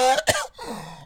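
A single sharp, explosive cough from an adult man, with a brief voiced sound before it and a falling, throaty tail after. It is one plain cough, about a second long, in a quiet room.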